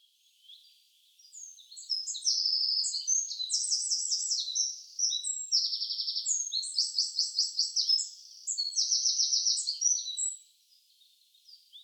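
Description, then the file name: Eurasian wren song, a loud high-pitched outpouring of rapid buzzy trills and sharp twitters, running for about nine seconds with short varied phrases between the trills. "Troglodytes troglodytes"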